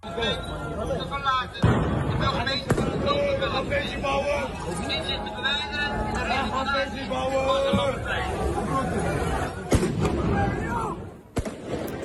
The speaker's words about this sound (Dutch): Ja, zwaar vuurwerk en de politie die het plein probeert te ontruimen.